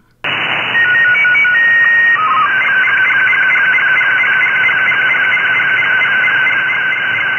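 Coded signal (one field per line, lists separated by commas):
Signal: SSTV (slow-scan television)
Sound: hiss, quick stepping beeps, a steady whistle, a short warble, then continuous wavering tone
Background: radio static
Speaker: as this SSTV image is coming through, you can see some noise on the image. That is where the signal level is actually dropping due to propagation.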